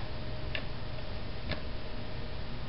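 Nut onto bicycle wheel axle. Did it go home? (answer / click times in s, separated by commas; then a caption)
no / none. A nut on a bicycle wheel axle is being turned backwards gently to avoid cross threading, waiting for the thread start to drop into its start position with a click. Two brief handling ticks come at about 0.6 and 1.5 seconds over a steady background hiss. Nothing has seated or clicked into place yet.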